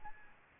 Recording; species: mosquito wingbeat signal from an infrared sensor; Aedes albopictus